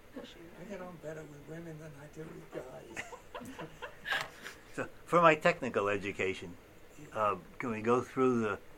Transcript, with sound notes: I get on better with women than I do with [laughter]
For my technical education, can we go through the